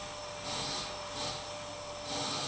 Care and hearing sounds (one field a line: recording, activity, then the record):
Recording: daily activity, microphone in the room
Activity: vacuum cleaning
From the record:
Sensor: 1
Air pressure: 1000.2 hPa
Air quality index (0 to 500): 139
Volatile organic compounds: 2 ppm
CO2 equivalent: 1307 ppm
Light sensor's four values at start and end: 33/82/35/42 and 33/83/35/42